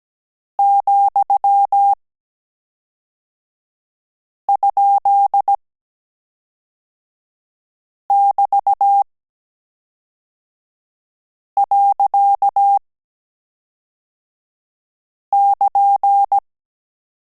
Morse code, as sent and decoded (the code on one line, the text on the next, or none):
--..-- ..--.. -...- .-.-.- -.--.
,?<BT>.<KN>